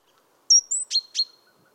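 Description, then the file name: Great tit calls: two thin, very high whistled notes followed by two sharp, harsh notes with ringing tails, in one short burst. "Parus major"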